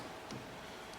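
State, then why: Seated. A plastic fuel pipe quick-connector on a Ford Mondeo ST Mk3 is slid all the way down onto the diesel fuel filter spigot. A single short click is heard at 0.3 s over low background noise. The connector is seated, and the locking clip is then pushed in and checked that it is not loose.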